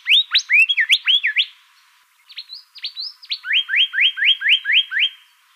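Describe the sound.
Golden whistler song: loud rising whistled notes swooping up in a quick series, a short pause, a few varied notes, then a steady run of upslurred notes.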